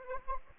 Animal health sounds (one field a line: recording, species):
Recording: mosquito wingbeat signal from an infrared sensor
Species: Anopheles arabiensis